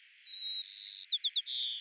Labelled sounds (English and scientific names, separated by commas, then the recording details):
White-crowned Sparrow (Zonotrichia leucophrys) song
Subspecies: nuttalli
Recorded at Gualala, California, in 2014
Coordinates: 38.758, -123.528
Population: north
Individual GUA_male5_14